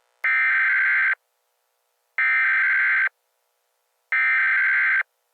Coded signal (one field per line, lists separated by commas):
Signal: Emergency Alert System (SAME) tones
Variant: header bursts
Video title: NUCLEAR ATTACK PRANK WITH INTRO VIDEO! Emergency Alert System!